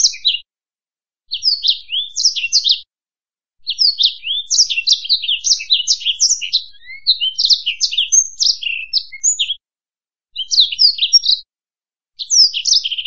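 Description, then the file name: Black-throated canary singing in separate bursts of quick high chirps and warbles, some brief and one long, split by short silent pauses. "suara burung blackthroat"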